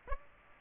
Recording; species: mosquito wingbeat signal from an infrared sensor; Aedes aegypti